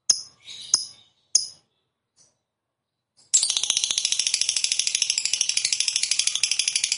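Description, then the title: Lovebird chatter: a few harsh, scratchy bursts and short pauses, then a sudden outpouring of rapid, high, twittering notes that continues steadily to the end. Lovebird described as a 'fighter' type and 'gacor', a singing bird in full, persistent voice. "Berkat SUARA Lovebird FIGHTER GACOR Ini"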